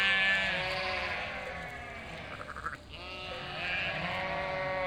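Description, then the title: Sheep bleating in a chorus, several overlapping wavering bleats at the start and end with a quieter dip in the middle. Flock of 467 sheep and lambs on the move, grazing grass and wild garlic; bleating chorus, highly spatialised and moving; spring day, Chindrieux, France; binaural, Fostex FR2 LE. "847 Rue de Vars, 73310 Chindrieux, France - Troupeau de moutons"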